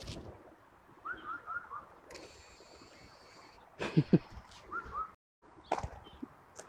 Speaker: 现在最多的看见的就是四声杜鹃，不但能看见它，还能听见它叫。